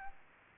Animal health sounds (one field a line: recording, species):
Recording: mosquito wingbeat signal from an infrared sensor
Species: Aedes aegypti